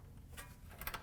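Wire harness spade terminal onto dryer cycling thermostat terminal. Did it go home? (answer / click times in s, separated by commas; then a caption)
no / none. A spade terminal on a dryer's wiring harness is handled while being pushed onto a metal tab of a new Whirlpool/KitchenAid/Maytag adjustable cycling thermostat (WP694674) so it will lock in place. A low steady hum runs under faint handling noise, with a few short, sharp ticks near 0.8, 0.9 and 1.0 seconds. The terminal has not seated or clicked home yet.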